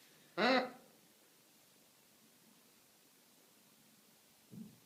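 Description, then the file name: Scarlet macaw giving one brief, rasping squawk, then near silence and a soft low sound at the end. Hand-reared scarlet macaw chicks from a breeder. "krasnyi ara ara macao rucnye ptency iz pitomnika"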